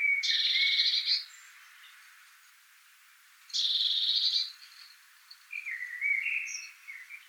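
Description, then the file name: Eurasian blue tit calls: two harsh buzzy churrs about a second long, a few seconds apart, followed by quieter chattering, wavering notes. "Cyanistes caeruleus"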